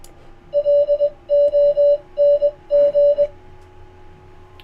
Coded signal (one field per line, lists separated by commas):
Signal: Morse code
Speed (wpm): 20 wpm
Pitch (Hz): 580 Hz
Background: none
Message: LONG